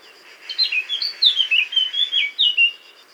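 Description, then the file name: Eurasian blackcap song: a fluid, warbling run of varied high notes that dip and rise over about two and a half seconds, with a faint steady hiss behind. "Sylvia atricapilla"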